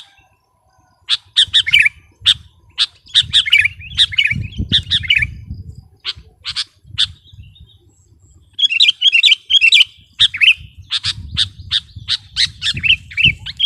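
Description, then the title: Sooty-headed bulbul alternates sharp chattering notes with fluty, warbled phrases, with a brief lull then an energetic resumption, over intermittent low rumbling. "kutilang"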